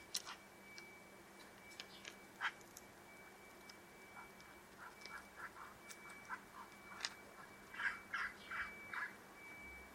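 Bird calling with scattered short notes that build into a quicker, louder run of repeated calls near the end, over a faint steady tone.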